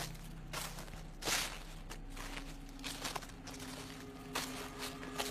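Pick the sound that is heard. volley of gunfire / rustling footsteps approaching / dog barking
rustling footsteps approaching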